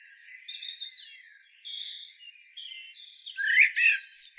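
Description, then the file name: Common blackbird song, soft quiet warbling notes at first, then a louder squeaky twittering burst near the end. "Turdus merula"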